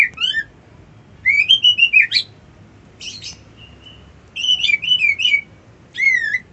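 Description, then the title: White-eye song of bright twittering phrases and wavering high whistles, separated by short gaps. Song delivered in the style called ngerol ngalas. "Suara Burung Pleci Ngerol Ngalas"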